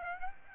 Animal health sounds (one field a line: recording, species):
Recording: mosquito wingbeat signal from an infrared sensor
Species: Aedes aegypti